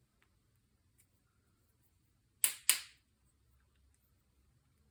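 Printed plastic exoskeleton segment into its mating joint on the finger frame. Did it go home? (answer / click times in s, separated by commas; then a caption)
yes / 2.4 s, 2.7 s. A 3D-printed plastic segment of a wearable finger exoskeleton is pressed into its mating joint on the finger frame during assembly. Two sharp snaps ring out at 2.5 s and 2.7 s against an otherwise quiet background. The printed part snap-fits home and is seated.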